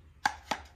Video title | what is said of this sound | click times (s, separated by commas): Smith & Wesson M&P 15-22 Sport (AR-15 Style 22LR) | so you know it locks in place all the different positions it's got a functioning charging handle | 0.3 s, 0.5 s